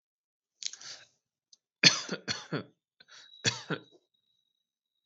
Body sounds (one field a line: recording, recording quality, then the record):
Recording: shallow voluntary cough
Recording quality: excellent, no background noise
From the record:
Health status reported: COVID-19 positive, mild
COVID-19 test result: positive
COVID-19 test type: RT-PCR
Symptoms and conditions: cough, cold, fever, fatigue, muscle pain, loss of smell and taste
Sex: male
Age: 27 years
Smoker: no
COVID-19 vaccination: both doses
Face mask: not worn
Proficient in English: yes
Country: India